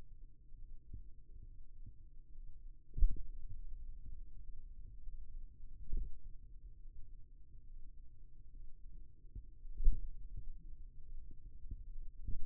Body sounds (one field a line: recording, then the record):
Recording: forearm muscle sounds (acoustic myography)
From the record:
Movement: finger pinch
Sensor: system 2, bracelet of six BSWA MPA416 microphones around the upper forearm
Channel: 2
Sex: male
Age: 22 years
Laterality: right